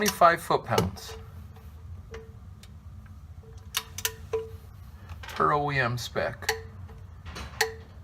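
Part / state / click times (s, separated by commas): torque wrench tightening the oil drain plug in the oil pan / torque reached / 7.6 s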